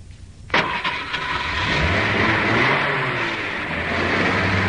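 A car engine cranks and catches with a sharp burst, then settles into a steady, throaty idle with rising and falling revs as the motor is gunned a few times.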